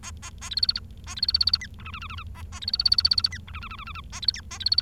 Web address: nccratliri vad-multi-species. bengalese finch